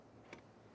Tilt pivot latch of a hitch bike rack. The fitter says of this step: I'm going to hear a click, lift up some,